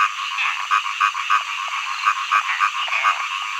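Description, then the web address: Frogs croaking, a quick series of short pulsed croaks about three per second standing out over a dense chorus of other frogs. Frog songs in early summer. "zvuci-ot-prirodata-za-deca-pesni-na-zabi-07 ranno-lato"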